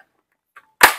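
A flathead screwdriver pries the plastic visor bracket (ratchet) latch on the second side of a JS Armor motorcycle helmet shell slightly upward. Faint ticks at 0.3 s and 0.6 s lead to a sharp, bright snap at 0.8 s as the latch clicks open and is released. Prying by hand would hurt the hands, so the screwdriver is used.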